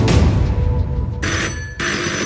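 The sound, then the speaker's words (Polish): A helpline telephone supporting children and young people in mental health crisis rings in two short, bright bursts separated by a brief pause, fairly loud, following a moment of low background rumble. “To nie jest zwykły dzwonek, to wołanie o pomoc.”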